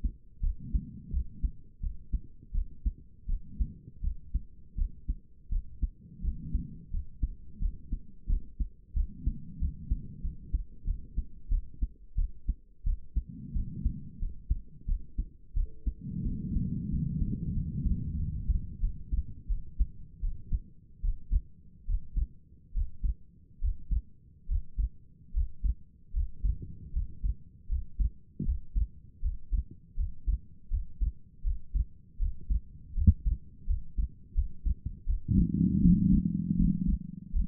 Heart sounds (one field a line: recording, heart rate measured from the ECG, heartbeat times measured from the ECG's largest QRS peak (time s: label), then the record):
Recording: heart sounds by stethoscope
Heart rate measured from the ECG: 83 bpm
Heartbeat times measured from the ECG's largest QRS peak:
0.41 s: heartbeat
1.11 s: heartbeat
1.81 s: heartbeat
2.53 s: heartbeat
3.27 s: heartbeat
4.02 s: heartbeat
4.76 s: heartbeat
5.50 s: heartbeat
6.22 s: heartbeat
6.91 s: heartbeat
7.59 s: heartbeat
8.27 s: heartbeat
8.94 s: heartbeat
9.59 s: heartbeat
10.22 s: heartbeat
10.85 s: heartbeat
11.50 s: heartbeat
12.16 s: heartbeat
12.84 s: heartbeat
13.54 s: heartbeat
14.19 s: heartbeat
14.86 s: heartbeat
15.54 s: heartbeat
16.24 s: heartbeat
16.90 s: heartbeat
17.53 s: heartbeat
18.17 s: heartbeat
18.80 s: heartbeat
19.48 s: heartbeat
20.21 s: heartbeat
21.02 s: heartbeat
21.87 s: heartbeat
22.73 s: heartbeat
23.60 s: heartbeat
24.47 s: heartbeat
25.33 s: heartbeat
26.12 s: heartbeat
26.92 s: heartbeat
27.68 s: heartbeat
28.44 s: heartbeat
29.21 s: heartbeat
29.96 s: heartbeat
30.70 s: heartbeat
31.43 s: heartbeat
32.18 s: heartbeat
32.94 s: heartbeat
33.66 s: heartbeat
34.34 s: heartbeat
35.06 s: heartbeat
35.81 s: heartbeat
36.57 s: heartbeat
37.32 s: heartbeat
From the record:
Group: healthy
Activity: rest 0-17 s, breath hold 17-38 s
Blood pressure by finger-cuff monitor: 85/53 mmHg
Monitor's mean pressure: 65 mmHg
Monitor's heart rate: 85 bpm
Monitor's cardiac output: 6.9 L/min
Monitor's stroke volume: 81 mL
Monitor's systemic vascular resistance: 630 dyn s/cm5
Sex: female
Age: 22 years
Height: 163 cm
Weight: 67.1 kg